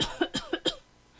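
An adult sneezes.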